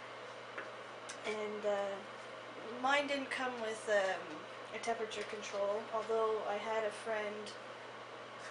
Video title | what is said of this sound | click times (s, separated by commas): Camping Cookery How to dehydrate Chili Part 1 | turn it to have them all lock into place | 0.6 s